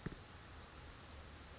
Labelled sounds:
Brown Creeper (Certhia americana)
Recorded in Sonoma County, California

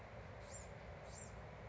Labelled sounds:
Bewick's Wren (Thryomanes bewickii)
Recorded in Sonoma County, California

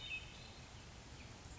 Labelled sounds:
Hermit Thrush (Catharus guttatus)
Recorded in Sonoma County, California

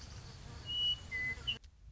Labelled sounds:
Western Meadowlark (Sturnella neglecta)
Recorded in Sonoma County, California

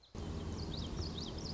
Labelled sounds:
Common Yellowthroat (Geothlypis trichas)
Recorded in Sonoma County, California

